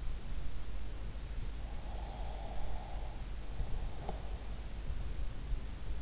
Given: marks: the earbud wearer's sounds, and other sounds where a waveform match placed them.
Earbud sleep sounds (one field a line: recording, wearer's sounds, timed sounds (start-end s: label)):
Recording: sounds in sleep by an in-ear microphone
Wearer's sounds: breath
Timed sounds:
1.16-4.76 s: breath